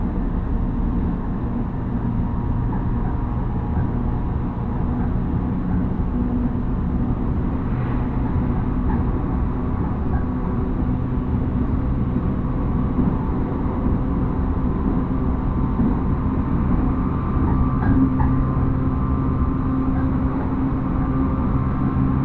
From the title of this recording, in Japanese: 鉄道旅 内房線快速 千葉→木更津